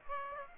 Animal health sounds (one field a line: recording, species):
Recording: mosquito wingbeat signal from an infrared sensor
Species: Aedes aegypti